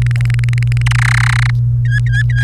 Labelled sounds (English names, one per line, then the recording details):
Domestic Canary song
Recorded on 28 April 2018 at 09:47
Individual llb3